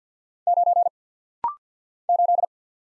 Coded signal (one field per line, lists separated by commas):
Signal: Morse code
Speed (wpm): 48 wpm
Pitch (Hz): 700 Hz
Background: none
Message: 9 8